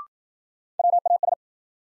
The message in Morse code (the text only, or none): WAS